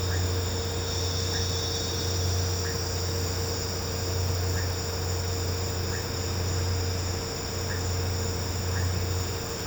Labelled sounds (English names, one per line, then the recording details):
none
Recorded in pastures near Puerto Asís, Putumayo, Colombia, on 13 March 2025 at 15:30
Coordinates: 0.466, -76.322
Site CSA-02